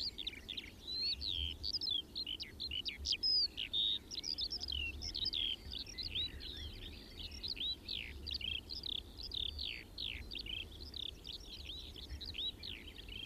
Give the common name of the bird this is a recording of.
Eurasian Skylark